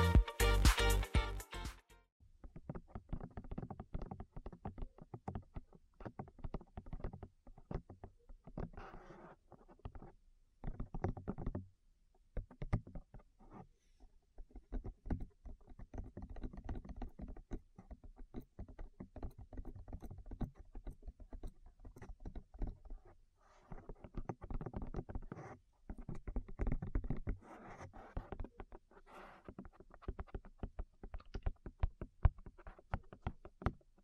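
Ear tapping in dense, irregular bursts of soft knocks and muffled thuds, opening with a bright crackly burst and pausing briefly now and then.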